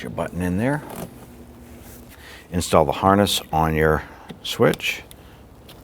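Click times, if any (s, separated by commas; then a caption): none. On a 1992–1996 Toyota Camry being fitted with front window regulators, a plastic wiring harness connector is being brought to the power window switch while someone talks. Faint handling noises sit between the speech. The connector has not seated or clicked onto the switch yet.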